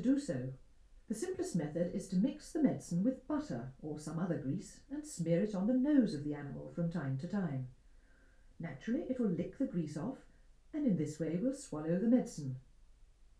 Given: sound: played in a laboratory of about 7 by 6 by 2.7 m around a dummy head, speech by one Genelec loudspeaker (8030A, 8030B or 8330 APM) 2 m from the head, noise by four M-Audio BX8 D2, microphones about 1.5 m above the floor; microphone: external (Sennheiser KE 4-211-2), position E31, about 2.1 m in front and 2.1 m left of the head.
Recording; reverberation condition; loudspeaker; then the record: female speech in English; low; 30 degrees to the left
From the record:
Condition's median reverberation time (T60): about 310 ms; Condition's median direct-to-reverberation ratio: about 3.5 dB